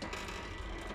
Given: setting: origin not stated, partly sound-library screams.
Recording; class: one-second piece from a danger detection set; woman in danger